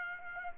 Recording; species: mosquito wingbeat signal from an infrared sensor; Aedes aegypti